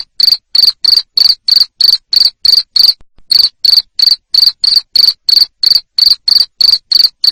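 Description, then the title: Loud cricket chirps, each a short buzzy pulse train, repeated rapidly at about three per second with one short break. Loud cricket chirping played to make lovebirds sing continuously. "Suara JANGKRIK NGERIK Keras Bikin LOVEBIRD Jadi NGEKEK Terus Vubey"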